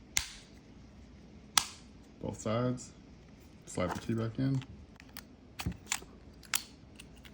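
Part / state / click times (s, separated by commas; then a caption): plastic cover onto key fob housing / seated / 0.2 s, 1.6 s. The plastic back cover of a 2014-2020 Acura MDX key fob is pressed onto the fob housing one side at a time after a CR2032 battery replacement, and it snaps shut with sharp clicks at 0.2 s and 1.6 s as each side seats. Someone talks in between, and a few fainter clicks follow later. The cover halves end up snapped together and seated on both sides.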